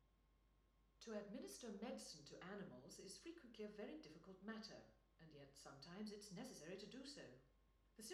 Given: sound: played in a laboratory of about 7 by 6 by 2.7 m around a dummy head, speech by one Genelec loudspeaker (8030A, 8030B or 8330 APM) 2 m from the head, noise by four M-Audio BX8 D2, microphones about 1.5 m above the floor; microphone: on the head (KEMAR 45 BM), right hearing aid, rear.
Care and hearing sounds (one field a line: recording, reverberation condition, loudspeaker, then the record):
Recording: female speech in English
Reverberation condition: medium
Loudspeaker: 90 degrees to the right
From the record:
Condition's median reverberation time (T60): about 510 ms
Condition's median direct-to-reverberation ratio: about -0.5 dB